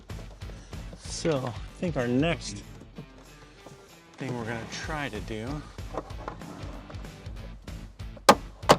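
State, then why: Released. Someone talks while the interior trim panel in the rear window area of a CyberTruck is pried off during a rear window replacement with Breezer Windows removable window glass. A plastic retaining clip in the vehicle body panel lets go with a sharp pop at 8.3 s, followed by another sharp snap just after. The clip is released and the trim panel comes free.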